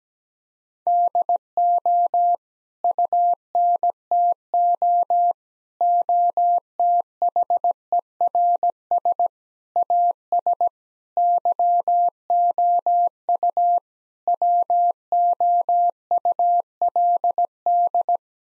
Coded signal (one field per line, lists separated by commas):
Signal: Morse code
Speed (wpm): 17 wpm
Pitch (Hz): 700 Hz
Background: none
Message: DO UNTO OTHERS AS YOU WOULD